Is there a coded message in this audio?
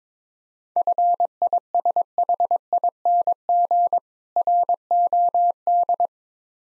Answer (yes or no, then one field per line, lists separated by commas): yes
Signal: Morse code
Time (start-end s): 0.8-6.1 s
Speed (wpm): 21 wpm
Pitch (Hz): 700 Hz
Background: none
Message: FISHING ROD